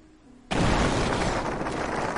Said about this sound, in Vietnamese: Theo một tiếng nổ đinh tai nhức óc, toàn bộ thiên thạch lập tức nổ tung, hình thành ánh lửa chói sáng. Ánh sáng rực rỡ hình thành dư âm cuộn trào, khuếch tán lan rộng ra xung quanh.